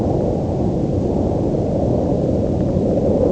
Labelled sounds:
none
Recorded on Arctic tundra, site UTQI-0, on 11 June 2019
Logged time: 08:00

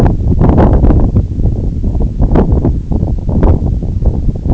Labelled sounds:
none
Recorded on Arctic tundra, site NAIT-1, on 2 July 2019
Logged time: 02:00

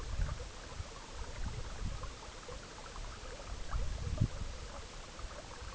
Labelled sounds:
none
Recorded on Arctic tundra, site EABA-MC, on 19 June 2019
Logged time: 22:00

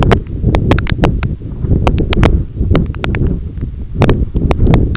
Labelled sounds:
none
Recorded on Arctic tundra, site EABA-1, on 21 June 2018
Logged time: 16:00

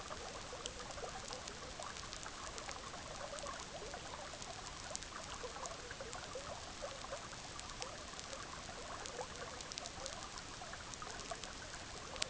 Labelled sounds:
none
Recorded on Arctic tundra, site EABA-MC, on 18 June 2019
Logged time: 06:00

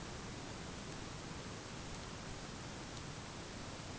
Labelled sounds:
none
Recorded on Arctic tundra, site ZACK-1, on 11 June 2019
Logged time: 01:49

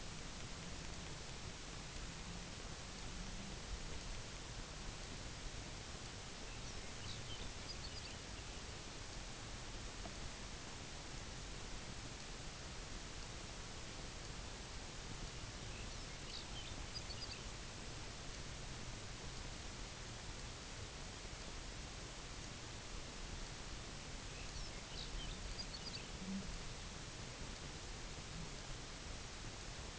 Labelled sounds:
Lapland Longspur (Calcarius lapponicus), unidentified sound
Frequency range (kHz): Lapland Longspur (Calcarius lapponicus) 1.7-7.3 kHz
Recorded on Arctic tundra, site UTQI-0, on 22 June 2018
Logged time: 12:00

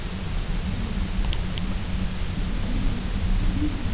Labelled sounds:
none
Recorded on Arctic tundra, site UTQI-0, on 22 June 2018
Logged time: 18:00

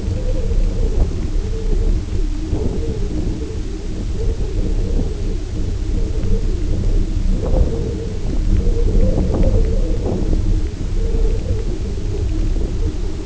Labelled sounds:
none
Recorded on Arctic tundra, site UTQI-0, on 19 June 2018
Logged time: 22:00

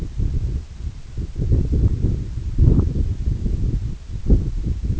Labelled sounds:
none
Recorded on Arctic tundra, site EABA-1, on 24 June 2018
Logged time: 10:00

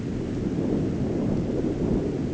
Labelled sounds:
none
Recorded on Arctic tundra, site ZACK-1, on 15 June 2019
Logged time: 19:49

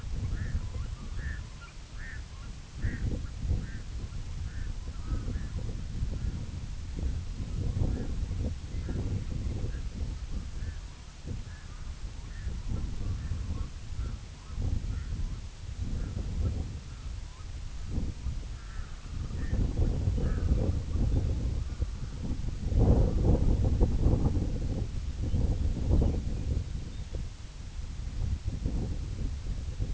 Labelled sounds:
Red-throated Loon (Gavia stellata), unidentified sound
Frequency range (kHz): Red-throated Loon (Gavia stellata) 0.4-2.6 kHz
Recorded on Arctic tundra, site IGLO-A, on 21 June 2018
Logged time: 15:59

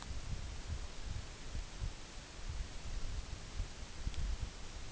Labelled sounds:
none
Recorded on Arctic tundra, site NAIT-1, on 24 June 2019
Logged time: 14:00

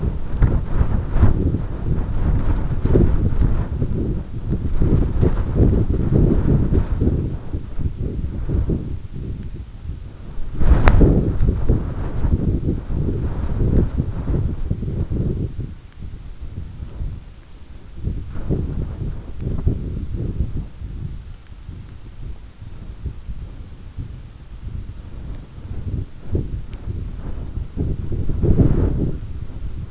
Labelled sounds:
Canada Goose (Branta canadensis)
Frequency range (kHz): Canada Goose (Branta canadensis) 0.3-1.8 kHz
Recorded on Arctic tundra, site EABA-1, on 22 June 2018
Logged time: 14:00

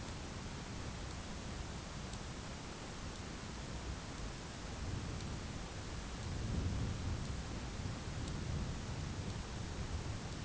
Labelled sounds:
none
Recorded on Arctic tundra, site ZACK-1, on 11 June 2019
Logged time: 01:49

